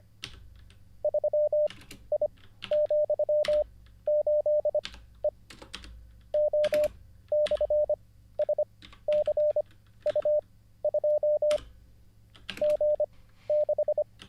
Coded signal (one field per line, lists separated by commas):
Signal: Morse code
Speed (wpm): 24 wpm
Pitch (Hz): 600 Hz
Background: none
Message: 3I,8E O/SCU2 G6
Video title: How to Weather the Coronavirus by Learning Morse Code LIVE with N0SSC (Day 32)